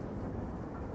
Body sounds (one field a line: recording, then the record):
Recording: background sound without coughing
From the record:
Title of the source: Train Ride Ambience ambient white noise for sleeping, focus, studying, reading